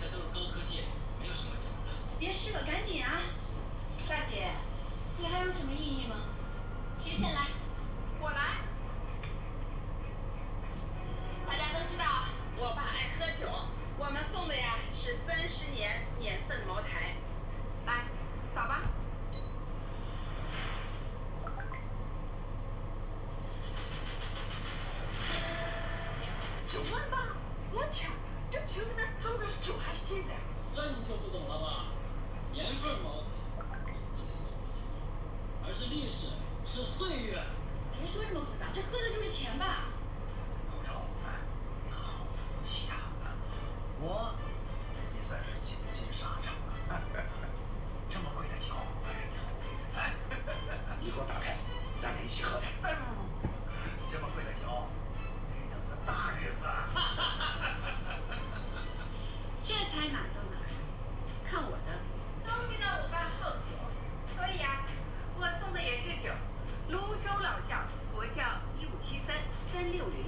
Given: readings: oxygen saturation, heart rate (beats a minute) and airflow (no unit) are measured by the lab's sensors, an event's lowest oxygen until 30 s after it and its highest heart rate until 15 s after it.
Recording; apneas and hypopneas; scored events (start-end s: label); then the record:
a person awake in a sleep study, by a smartphone at the bedside; none
0.00-70.28 s: awake
From the record:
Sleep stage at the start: awake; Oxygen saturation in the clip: 93 to 94%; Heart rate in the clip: 59 to 74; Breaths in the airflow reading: 23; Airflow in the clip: -6.9 to 7.0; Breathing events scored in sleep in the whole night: 476 in 9.7 hours asleep